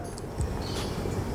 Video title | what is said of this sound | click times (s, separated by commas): Mempelajari Jenis Tripod Bersama Bpk. Agustim Materi Multimedia "Fotografi" | dibuka Sampai bunyi klik Nah | 0.2 s, 0.4 s